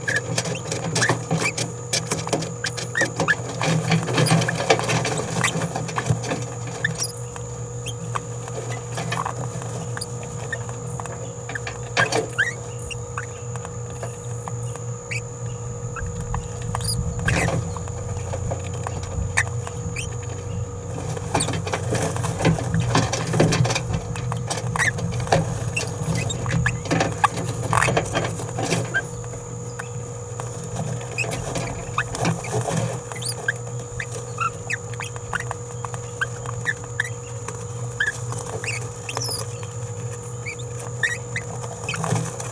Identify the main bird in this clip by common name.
Green-rumped Parrotlet